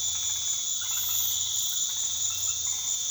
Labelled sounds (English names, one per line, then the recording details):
none
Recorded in pastures near Puerto Asís, Putumayo, Colombia, on 24 March 2025 at 20:30
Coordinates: 0.487, -76.322
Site G077